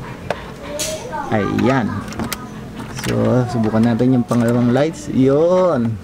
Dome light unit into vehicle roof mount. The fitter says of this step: Konting click lang nag-lock na siya